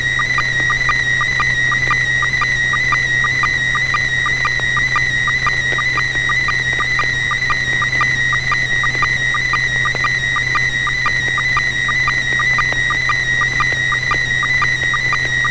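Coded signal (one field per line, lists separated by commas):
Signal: SSTV (slow-scan television)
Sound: steady warbling high tone with rapid regular clicks, like a slow scanning whine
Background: low electrical hum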